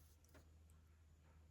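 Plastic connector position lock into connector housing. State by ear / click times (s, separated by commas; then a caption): not seated / none. A plastic locking piece is being handled and slid toward a connector housing over two female connectors on a light bar wiring harness, with a steady low hum and faint scraping rustles, including a brief soft rustle near 0.4 s. Nothing has seated or clicked yet.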